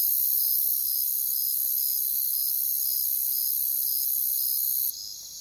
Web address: WLL Grade 1-12 Pre-Uni Library Natures Songs Sleep Sounds of Nature CRICKETS Crickets